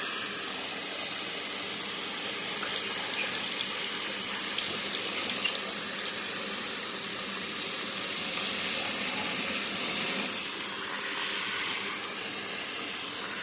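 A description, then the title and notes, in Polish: At a hairdresser's, a tap runs steadily, a dense, bright hiss of water splashing into a sink. The flow stays even throughout, swelling slightly between about eight and ten seconds, with a few faint knocks around the five-second mark. ASMR WIZYTA U FRYZJERA GWIAZD - ATELIER KAJETAN GÓRA.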